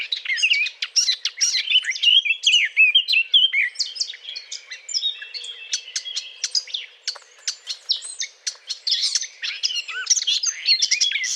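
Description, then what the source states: Eurasian blackcap song: fast, jumbled warbling of scratchy and sweet notes, almost without pause, with a brief lull near the end. Courtship song; recorded 20 April 2009.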